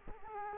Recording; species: mosquito wingbeat signal from an infrared sensor; Culex quinquefasciatus